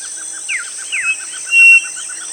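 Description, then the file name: Birds calling: two steep descending whistled slurs, a held pure whistle, and a steady string of short pulsed notes repeated beneath, with a continuous high hiss. "SABIOD 50 bird 2015"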